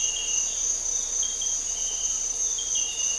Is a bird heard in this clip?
no